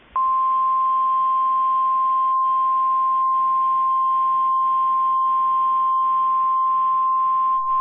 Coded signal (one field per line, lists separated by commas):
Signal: Emergency Alert System (SAME) tones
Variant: 853 and 960 Hz attention tone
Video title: Severe Thunderstorm Warning EAS (Cox) 5/1/25 (Credit to WXRchive)